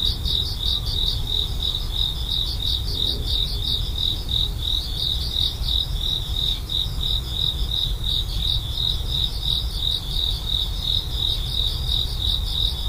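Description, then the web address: Cricket giving a steady, high, pulsing trill over constant low background noise. "Insects korogi"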